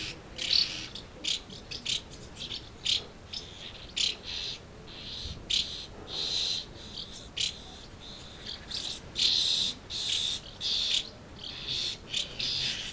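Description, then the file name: Swallow chatter, with high chirps and twitters coming in many short bursts. Several swallows recorded at Amblagnieu on 2 July 2017 with an MZ-N 710 device. "MZ-N 710 Hirondelles Amblagnieu 2 07 17"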